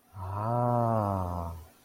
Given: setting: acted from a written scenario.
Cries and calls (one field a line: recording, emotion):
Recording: vocal sound without words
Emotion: positive surprise